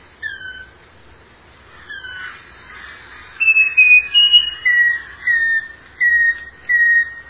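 Uirapuru-veado song, soft slurred whistles at first, then a run of louder clear whistled notes, each falling slightly.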